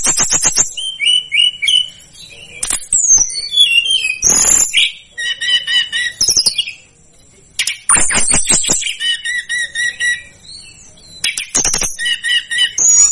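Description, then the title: Sunda whistling thrush song: high, thin whistled phrases and short trills over sharp clicking and fluttering bursts, with varied notes following one another quickly. "Masteran Tledekan Gunung Sikatan Gunung"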